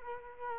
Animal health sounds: mosquito wingbeat signal from an infrared sensor; Culex quinquefasciatus

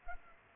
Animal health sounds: mosquito wingbeat signal from an infrared sensor; Culex pipiens

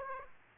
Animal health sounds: mosquito wingbeat signal from an infrared sensor; Aedes aegypti

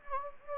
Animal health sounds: mosquito wingbeat signal from an infrared sensor; Anopheles gambiae

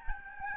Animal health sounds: mosquito wingbeat signal from an infrared sensor; Aedes albopictus

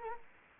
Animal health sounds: mosquito wingbeat signal from an infrared sensor; Anopheles arabiensis

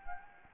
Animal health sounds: mosquito wingbeat signal from an infrared sensor; Anopheles gambiae

